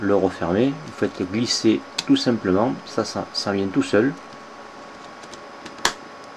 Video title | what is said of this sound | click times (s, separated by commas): EXPLICATIONS TELEPHONE PORTABLE T728D ANYCOOL (PARTIE 1) | Et voilà, vous entendez le petit clac, le téléphone est bien fermé. | 5.9 s